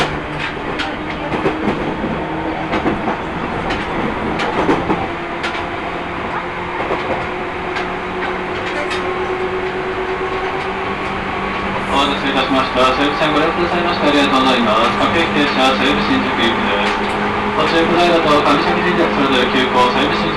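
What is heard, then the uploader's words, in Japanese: Riding a Seibu Railway train, the carriage fills the clip with a steady low rumble and frequent sharp clicks and rattles. A faint tone hums throughout, and around the twelfth second the sound grows louder and brighter, with a high whine and denser rattling joining in. 耳で楽しむ鉄道旅 西武鉄道 本川越→東村山→小川→萩山→青梅街道。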